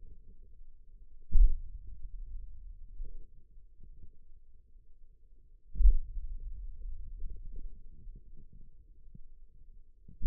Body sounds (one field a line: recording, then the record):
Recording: forearm muscle sounds (acoustic myography)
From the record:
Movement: hand opening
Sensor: system 2, bracelet of six BSWA MPA416 microphones around the upper forearm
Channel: 4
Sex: male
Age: 22 years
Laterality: right